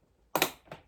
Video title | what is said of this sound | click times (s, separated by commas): Building my First PC! | I think that's snapped into place it doesn't seem to come out and yeah | 0.4 s